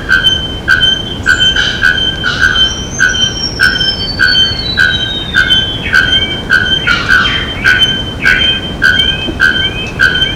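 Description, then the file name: Bare-throated bellbird: ringing metallic notes repeated steadily, with a long falling whistle and scattered short notes behind. Itatiaia National Park, Brazil, 8 October 1995. "Procnias-nudicollis-Itatiaia NP-Brazil 8-10-95-ASilveira"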